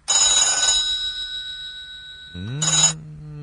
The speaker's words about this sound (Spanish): Suena el teléfono, termina el audio.